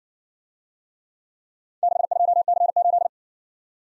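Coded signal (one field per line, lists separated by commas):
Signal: Morse code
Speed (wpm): 56 wpm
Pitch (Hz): 700 Hz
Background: none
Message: 62C8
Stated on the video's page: Morse practice of four-character letter-number groups, speed-racing format starting at 50 wpm and slowing to a base speed, final repeat at maximum speed.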